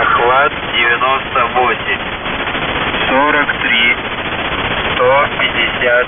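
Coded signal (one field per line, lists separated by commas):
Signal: channel marker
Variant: The Goose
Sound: repeated cackling, goose-like honks with bending pitch and buzzy harmonics over hiss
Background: radio static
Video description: "The Goose" is a Russian military station that broadcasts on 4310 kHz at daytime and on 3243 kHz at nighttime.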